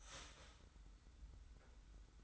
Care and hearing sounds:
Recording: daily activity, microphone in the room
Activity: start toaster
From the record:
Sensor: 3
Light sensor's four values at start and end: 37/89/36/34 and 37/89/36/34

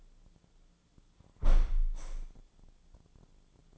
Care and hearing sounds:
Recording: daily activity, microphone in the room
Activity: close window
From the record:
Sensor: 5

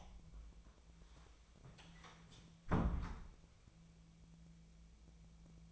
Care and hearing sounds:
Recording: daily activity, microphone in the room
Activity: close door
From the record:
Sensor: 1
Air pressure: 1000.5 hPa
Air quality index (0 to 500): 182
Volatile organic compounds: 4 ppm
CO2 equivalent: 1679 ppm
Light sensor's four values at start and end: 13/32/13/15 and 13/32/13/15

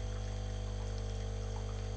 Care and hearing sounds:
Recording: daily activity, microphone in the room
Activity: make coffee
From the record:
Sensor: 4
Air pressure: 1008.2 hPa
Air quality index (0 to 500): 106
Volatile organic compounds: 1 ppm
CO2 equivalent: 787 ppm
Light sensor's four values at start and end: 10/23/9/9 and 10/23/9/9

